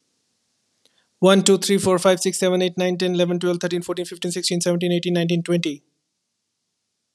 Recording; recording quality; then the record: counting at a fast pace; excellent, no background noise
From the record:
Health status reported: healthy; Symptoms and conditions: none ticked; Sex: male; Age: 42 years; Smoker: not ticked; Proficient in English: yes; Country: India